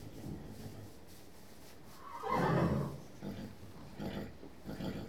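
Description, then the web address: Horse whicker: a single low, rough, fluttering call lasting under a second, with fainter sounds before and after. Several horses in stables, whickering. "BBC Sound Effects Library BBC 37-Horses. Horses in stables whickering to"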